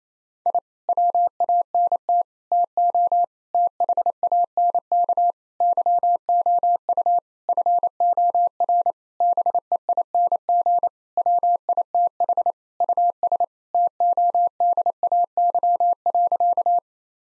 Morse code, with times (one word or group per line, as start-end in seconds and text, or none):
0.5-0.6 I
0.9-2.2 WANT
2.5-3.2 TO
3.5-5.3 THANK
5.6-7.2 YOU
7.5-8.9 FOR
9.2-10.9 BEING
11.2-12.5 WITH
12.8-13.4 US
13.7-16.8 TODAY.